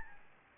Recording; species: mosquito wingbeat signal from an infrared sensor; Aedes albopictus